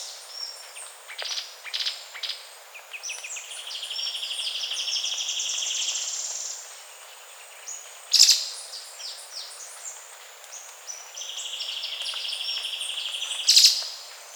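Bird calls: high buzzy trills and stuttering notes, each of two similar phrases ending in a sharp, loud high chirp.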